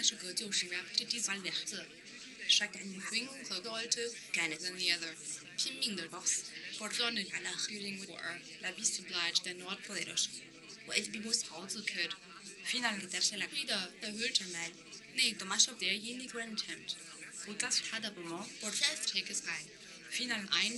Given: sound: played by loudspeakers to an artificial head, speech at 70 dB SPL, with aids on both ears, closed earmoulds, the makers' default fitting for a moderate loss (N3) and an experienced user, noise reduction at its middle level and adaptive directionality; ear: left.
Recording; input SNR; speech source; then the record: speech test signal (ISTS) in cocktail-party noise; +6 dB; in front (0 degrees)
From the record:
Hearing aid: class 1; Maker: H